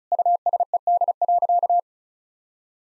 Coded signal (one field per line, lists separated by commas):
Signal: Morse code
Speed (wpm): 36 wpm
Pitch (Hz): 700 Hz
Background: none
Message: USED.